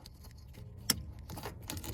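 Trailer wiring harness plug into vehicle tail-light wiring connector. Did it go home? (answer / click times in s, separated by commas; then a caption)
yes / 0.9 s. The female plug of a plastic trailer wiring harness is pushed onto the male tail-light wiring connector of a Nissan NV 1500, 2500 or 3500 passenger van. Over faint handling rustle, a single sharp click at 0.9 s shows the connector seating, followed by softer rattling noises.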